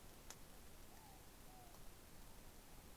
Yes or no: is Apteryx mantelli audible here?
no